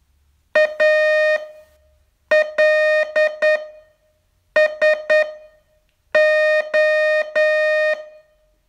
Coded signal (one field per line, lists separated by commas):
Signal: Morse code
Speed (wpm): 9 wpm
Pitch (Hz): 620 Hz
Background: none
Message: ALSO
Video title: Learn Morse in 42 Days from VU2LAU - day 37 test